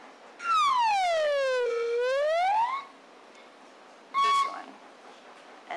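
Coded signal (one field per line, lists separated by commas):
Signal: whistled language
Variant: artificial slide-whistle language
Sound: a slide whistle swooping down then back up, then a short flat whistle note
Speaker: there is a basic set of building blocks so this one and this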